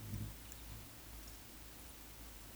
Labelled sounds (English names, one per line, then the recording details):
Eurasian Woodcock whistle
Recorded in Baden-Württemberg, Germany, on 16 June 2021 at 19:56 UTC
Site 20675, 466 m above sea level